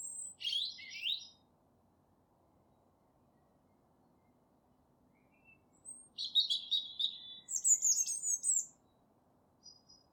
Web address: fugl r-hals